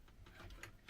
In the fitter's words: That one just made a little click.